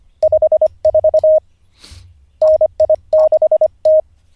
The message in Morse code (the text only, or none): 54 NI6T